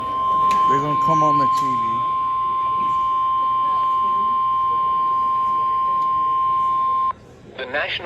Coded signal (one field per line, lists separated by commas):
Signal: Emergency Alert System (SAME) tones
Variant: 1050 Hz attention tone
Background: speech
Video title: Tornado Warning (EAS #528)